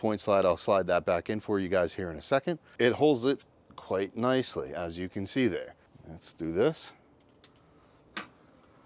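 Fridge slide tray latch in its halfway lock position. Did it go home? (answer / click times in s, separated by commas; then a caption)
no / none. Someone talks while handling a portable 12V fridge on a sliding tray that has a metal latch with a halfway lock position. After the talk, two brief sharp ticks are heard near 7.4 s and 8.2 s. The tray has not gone home, and nothing has seated or clicked yet.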